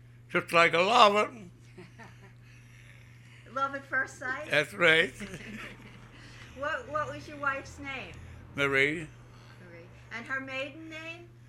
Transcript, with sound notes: Just like a lover.
Love at first sight?
That's right. ( they laugh )
What was your wife's name?
Marie.
And her maiden name?